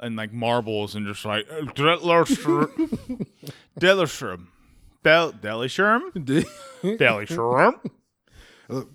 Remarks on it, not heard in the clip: I have a mild stutter, but that name will give me just a stutter.